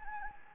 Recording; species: mosquito wingbeat signal from an infrared sensor; Anopheles gambiae